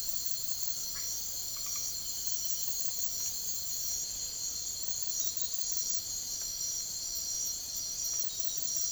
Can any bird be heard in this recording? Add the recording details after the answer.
no. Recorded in secondary vegetation near Puerto Asís, Putumayo, Colombia, on 13 March 2025 at 04:30. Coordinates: 0.489, -76.322. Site G042